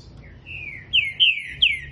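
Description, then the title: Green-winged Saltator song: soft opening notes, then three clear whistles, each sharply attacked and sliding down in pitch. Heard singing a lot in the morning; the song style is labelled 'voz 10'. "Trinca ferro Rex"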